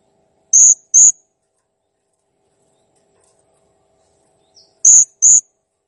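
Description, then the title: Blue-crowned hanging parrot calls: two paired high, piercing chirps, one pair at the start and another near the end, silence in between. Master recording of a clear, actively calling bird, made for training cage birds. "Masteran Burung Serindit Ll Masteran Serindit Gacor Jernih"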